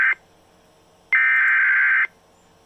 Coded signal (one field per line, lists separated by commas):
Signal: Emergency Alert System (SAME) tones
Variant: header bursts